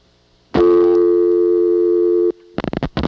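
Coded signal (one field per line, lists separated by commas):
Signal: telephone call progress tone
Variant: North America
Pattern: dial tone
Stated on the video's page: Call progress tones from dialing each Ocala, Florida local office code on a phone served by a rare European Siemens motor switch, 1982.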